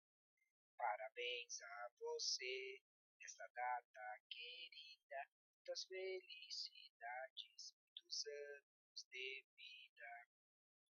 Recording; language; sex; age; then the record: short text; Brazilian Portuguese; male; 40 to 49 years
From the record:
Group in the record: control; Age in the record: 41 years